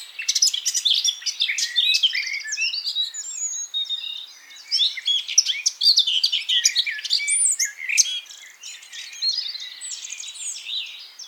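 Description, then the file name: Eurasian blackcap warbling almost nonstop, fast squeaky and chattering phrases that fade somewhat toward the end. "Sylvia atricapilla"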